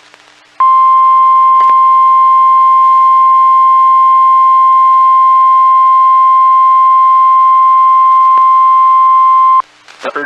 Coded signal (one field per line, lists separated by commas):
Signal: Emergency Alert System (SAME) tones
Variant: 1050 Hz attention tone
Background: speech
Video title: 20 Minutes of Emergency Alert System Activations NOAA Weather Radio